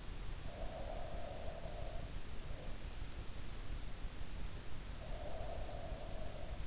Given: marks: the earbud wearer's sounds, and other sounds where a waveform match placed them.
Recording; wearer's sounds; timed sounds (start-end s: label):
sounds in sleep by an in-ear microphone; breath
0.47-2.99 s: breath
5.07-6.67 s: breath